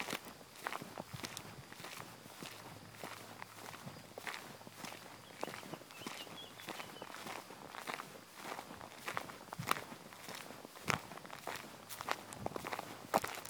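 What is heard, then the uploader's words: A walk through a forest in Bergerac, France, with footsteps crunching steadily at an even pace, roughly two per second, throughout. Between steps there is a soft rustle and a low steady hum, and a faint bird chirps briefly around six seconds. Forrest Walk in Bergerac, France.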